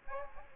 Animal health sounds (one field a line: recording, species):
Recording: mosquito wingbeat signal from an infrared sensor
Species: Aedes aegypti